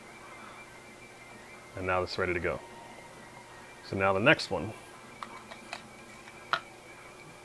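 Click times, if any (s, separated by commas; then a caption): 6.5 s. An EPROM chip is placed notch-up into the ZIF socket of a programmer, and the socket is locked. Someone talks, then two faint ticks at about 5.2 and 5.7 seconds lead to a sharp, louder click at 6.5 seconds as the chip locks into place.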